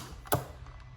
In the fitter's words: Make sure you hear a snap.